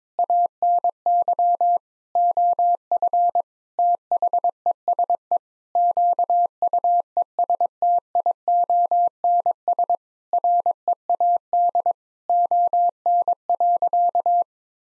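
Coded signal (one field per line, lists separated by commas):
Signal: Morse code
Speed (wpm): 21 wpm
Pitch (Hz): 700 Hz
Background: none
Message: ANY OF THESE QUESTIONS READ ON.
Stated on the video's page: Morse head-copy practice of sentences at 22 wpm, each sent, then spoken, then sent again.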